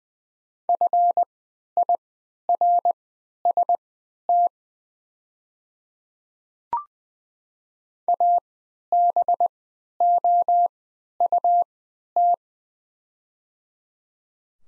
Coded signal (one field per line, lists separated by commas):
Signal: Morse code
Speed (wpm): 21 wpm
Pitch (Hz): 700 Hz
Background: none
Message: FIRST ABOUT